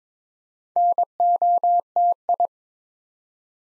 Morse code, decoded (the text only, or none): NOTI